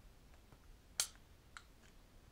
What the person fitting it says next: okay you hear that snap that's how you know you got it into place